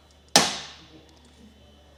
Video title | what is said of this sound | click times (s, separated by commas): etrailer - Installation Guide for the Kuat Piston Pro Bike Rack for 3 Bikes on a 2023 Cadillac XT5 | We're going to come over here and press this button on our piston, and that's going to release this arm. | 0.4 s